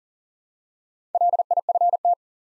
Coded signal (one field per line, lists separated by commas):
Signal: Morse code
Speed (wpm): 37 wpm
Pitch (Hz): 700 Hz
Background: none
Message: LIFT